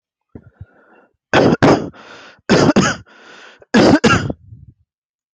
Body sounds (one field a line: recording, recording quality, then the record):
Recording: shallow voluntary cough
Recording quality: excellent, no background noise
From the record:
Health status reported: healthy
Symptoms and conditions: cough, hypertension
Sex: male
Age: 39 years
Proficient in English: yes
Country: India